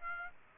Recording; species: mosquito wingbeat signal from an infrared sensor; Aedes aegypti